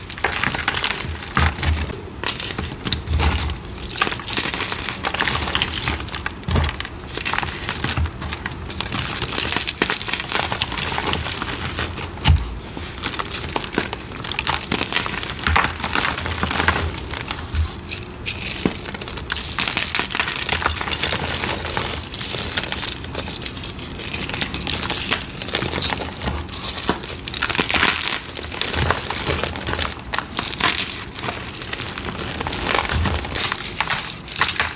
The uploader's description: crispy, crunchy, flaky, gritty cornstarch crunchies and dyed gym chalk crumbling